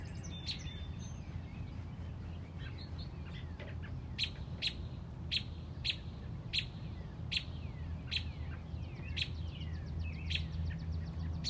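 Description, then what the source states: Robin: soft thin whistles at first, then sharp chips start and repeat about every half second over low rumbling noise. Mother robin on a front porch protecting a newly hatched chick.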